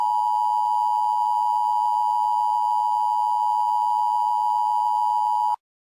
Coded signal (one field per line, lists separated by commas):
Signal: Emergency Alert System (SAME) tones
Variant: 853 and 960 Hz attention tone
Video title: May 5-12 1998 Midwest Armageddon Event(fictional)EAS Scenario mock(Part 1)